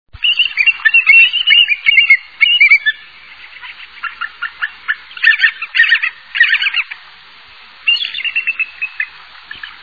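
Bald eagle calling in bursts of high, thin chittering notes, short staccato series with brief pauses between phrases.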